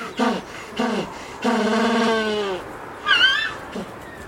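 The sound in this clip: African penguin bray: two short harsh notes, then a long drawn harmonic tone, followed by a brief higher squealing note and a final short grunt.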